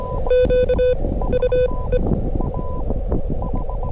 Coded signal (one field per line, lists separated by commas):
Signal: Morse code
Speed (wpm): 24 wpm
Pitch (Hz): 500 Hz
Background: radio noise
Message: Q U E